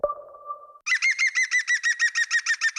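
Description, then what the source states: European green woodpecker call: a fast series of many loud, ringing, laughing notes at an even pace, preceded by a short steady tone. Played in a radio advertisement.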